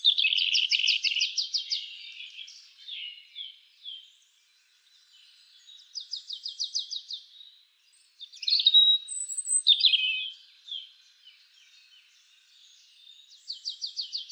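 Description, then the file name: European robin song: a loud phrase, then quieter ones with rapid buzzy trills, a brief silence, then a bright phrase with high whistles and more trills. "Erithacus rubecula"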